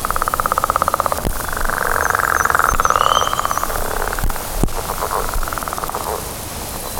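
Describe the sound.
Leopard frog call, a long rapid pulsed rattle in bursts, over low rumbling noise and a faint bird whistle.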